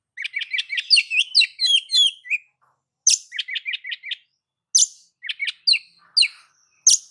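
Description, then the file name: Oriental magpie-robin song, a rapid run of varied whistled and chirping notes, then short bursts of sharp high phrases separated by brief pauses; no other sounds. "Suara Kacer"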